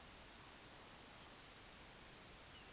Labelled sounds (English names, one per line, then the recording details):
Eurasian Woodcock whistle
Eurasian Woodcock croak
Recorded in Baden-Württemberg, Germany, on 2 June 2021 at 20:00 UTC
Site 25832, 648 m above sea level